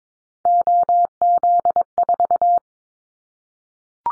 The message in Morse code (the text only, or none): OZ4